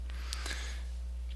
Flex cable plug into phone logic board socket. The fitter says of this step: and in line you should be able to push that down it should lock into place